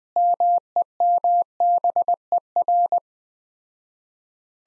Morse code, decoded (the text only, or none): MEMBER